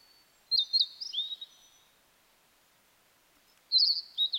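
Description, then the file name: Blue-and-white flycatcher singing high sweet whistles that slide and fall, a silent gap of about two seconds, then another rapid phrase of bright, slurred notes. Recorded 9 May 2009. "ooruri-20090509"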